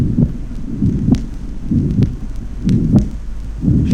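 Heart of a 21-year-old man with severe mitral incompetence, heard at the pulmonary area: beats near 63 per minute with a rumbling regurgitant systolic murmur referred from the apex, inaudible first sound, and a widely split second sound with a soft aortic and fairly loud pulmonary component. On deep inspiration all sounds become softer while the splitting increases.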